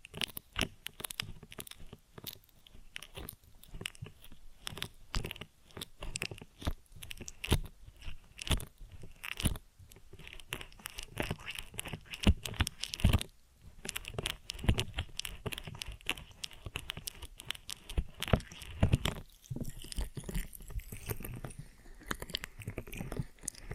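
An ear and scalp massage and cleaning gives a dense run of crackling, crunchy scratches and rubbing sounds, with many sharp clicks packed close together throughout. Bursts grow busier and louder around the middle, with a brief quieter gap near 20 seconds.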